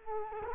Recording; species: mosquito wingbeat signal from an infrared sensor; Culex quinquefasciatus